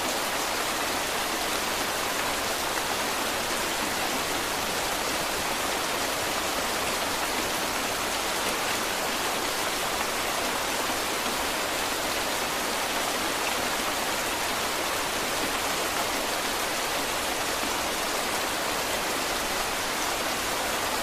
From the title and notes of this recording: 1 Hour Heavy Rain Sounds. Intense rainfall.